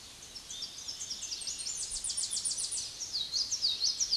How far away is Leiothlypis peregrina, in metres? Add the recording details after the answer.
about 20 m. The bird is about level with the microphone. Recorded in a Pennsylvania forest on 16 May 2024 at 06:11. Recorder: AudioMoth, point MSD-2306. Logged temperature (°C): 15.6 °C. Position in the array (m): 35 m, 57 m